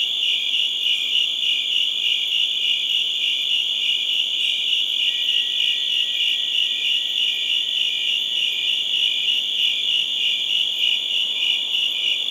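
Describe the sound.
Cricket chirping forms a steady high pulsing wall of sound, and a thin faint whistle-like tone joins underneath halfway through.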